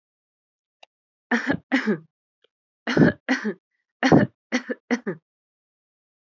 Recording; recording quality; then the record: shallow voluntary cough; excellent, no background noise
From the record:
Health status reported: healthy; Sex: female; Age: 25 years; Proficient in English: yes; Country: India